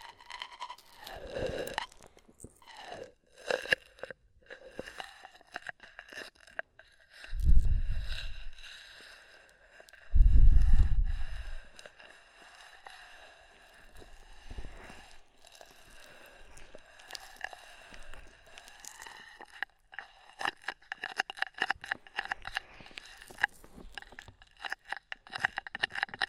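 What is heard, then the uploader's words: Slick, wet ear massage sounds with oil and foam: a dense run of soft crackles, squishes and short rubbing strokes throughout. Two heavy, low muffled thumps stand out near 7 and 10 seconds, and a faint steady hum sits underneath. ASMR Oil, Foam and Tingly Ear Massage.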